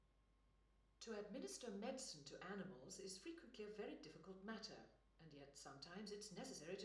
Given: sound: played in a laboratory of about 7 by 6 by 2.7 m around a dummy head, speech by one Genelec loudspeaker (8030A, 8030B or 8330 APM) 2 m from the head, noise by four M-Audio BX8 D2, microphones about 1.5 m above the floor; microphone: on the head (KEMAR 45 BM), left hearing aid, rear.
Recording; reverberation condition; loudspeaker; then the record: female speech in English; medium; 120 degrees to the left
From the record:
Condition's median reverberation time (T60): about 510 ms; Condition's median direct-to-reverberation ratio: about -0.5 dB